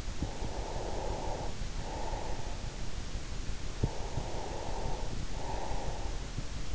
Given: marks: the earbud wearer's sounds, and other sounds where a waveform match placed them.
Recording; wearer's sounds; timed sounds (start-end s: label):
sounds in sleep by an in-ear microphone; breath
0.00-2.47 s: breath
3.77-6.63 s: breath